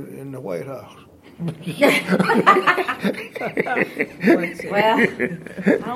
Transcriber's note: laughter